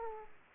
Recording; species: mosquito wingbeat signal from an infrared sensor; Aedes aegypti